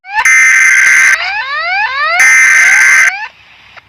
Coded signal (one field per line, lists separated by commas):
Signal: Emergency Alert System (SAME) tones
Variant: header bursts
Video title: All EAS Alarms From Around The World Part.2